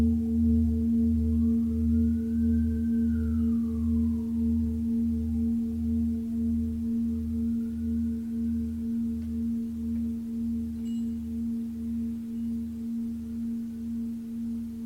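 A Tibetan singing bowl rings with a steady sustained tone, its low hum pulsing in slow regular waves while fading gradually over the clip.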